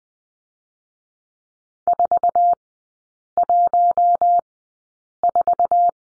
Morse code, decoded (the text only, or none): 414